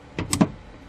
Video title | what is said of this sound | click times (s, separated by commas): Ford Escape Front Door Latch Replacement Procedure | slide it over and that'll lock it into there. | 0.3 s